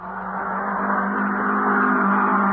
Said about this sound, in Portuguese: Pisou decidido no acelerador do seu carro, fechou os olhos e... passou por cima do velho.